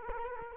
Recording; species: mosquito wingbeat signal from an infrared sensor; Culex quinquefasciatus